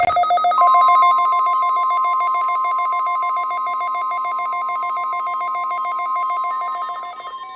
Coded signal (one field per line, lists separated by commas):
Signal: Emergency Alert System (SAME) tones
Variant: 1050 Hz attention tone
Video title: CRP Required Weekly Test on WXK26 (EAS 445) - 02/09/2022